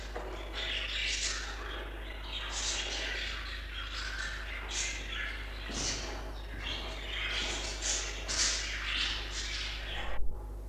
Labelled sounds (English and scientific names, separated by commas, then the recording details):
Budgerigar (Melopsittacus undulatus) call
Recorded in captivity
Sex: group
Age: adult
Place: Zoologisches Institut der HUB, Berlin, DE
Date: 1966-11-20
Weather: Zimmertemperatur
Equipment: Smaragd
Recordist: Heydecke, Rolf